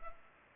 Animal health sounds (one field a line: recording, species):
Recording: mosquito wingbeat signal from an infrared sensor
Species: Culex pipiens